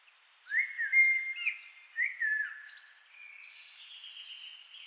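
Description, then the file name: Eurasian blackbird song: fluted warbling phrases, followed by a faint, drawn-out higher sound. "Turdus merula"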